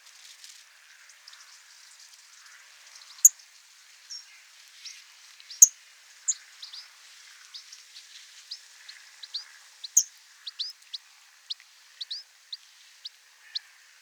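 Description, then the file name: European Goldfinch calls: short, high, tinkling notes scattered irregularly, growing more frequent and twittering toward the end, over a soft steady hiss. "Carduelis carduelis"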